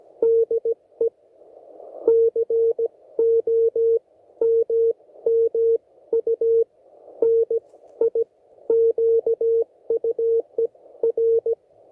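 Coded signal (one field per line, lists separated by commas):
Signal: Morse code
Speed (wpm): 16 wpm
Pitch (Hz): 460 Hz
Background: none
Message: DE COMMUNIQUER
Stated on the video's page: Field operation on 80m CW for regional contacts, using an Elecraft K1, a half-wave end-fed antenna and a Minion SDR.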